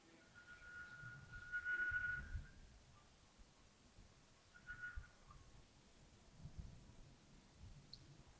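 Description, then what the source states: Bird whistle, a steady pure note held about a second, followed by a shorter, softer repeat a few seconds later against faint low rumble. Early morning at Yagongding (亚公顶), 28 December 2025, around 07:40.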